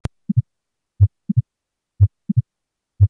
Stethoscope Landmarks Second Heart Sound and Late Systolic Click.